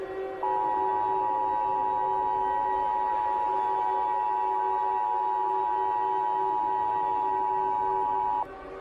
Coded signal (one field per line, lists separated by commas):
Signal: Emergency Alert System (SAME) tones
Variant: 853 and 960 Hz attention tone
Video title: EAS Scenario #22 | PAMA Outbreak